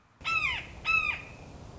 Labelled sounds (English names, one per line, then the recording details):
Red-shouldered Hawk
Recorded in Sonoma County, California